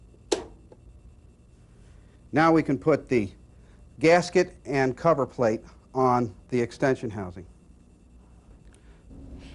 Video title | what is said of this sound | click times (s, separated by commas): Dodge A318 (46RE) Transmission Teardown | you would push up from the bottom on the unit itself until you hear the snap ring pop into place | 0.3 s